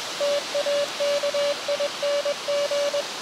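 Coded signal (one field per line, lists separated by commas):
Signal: Morse code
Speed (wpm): 21 wpm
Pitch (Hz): 570 Hz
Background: none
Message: TAKING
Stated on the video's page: QRP CW contacts in a park using an Elecraft KX2 with a HyEndFed end-fed long wire antenna.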